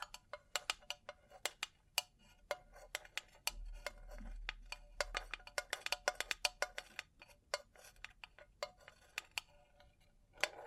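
Bling bling triggers: a quick, uneven stream of bright metallic clicks and taps, like jewelry or small hard objects knocking together, several per second throughout. A soft low rumble swells underneath from about 3.5 to 5.5 seconds, and a final cluster of taps lands near the end.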